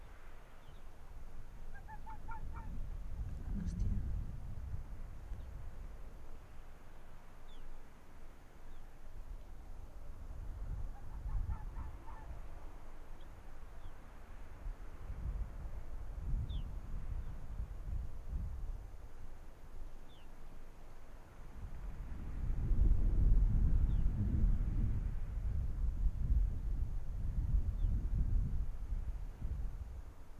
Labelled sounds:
Arctic Fox (Vulpes lagopus)

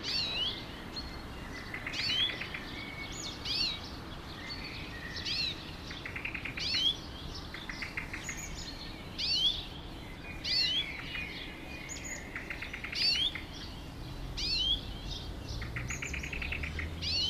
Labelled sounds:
European Greenfinch (Chloris chloris) call

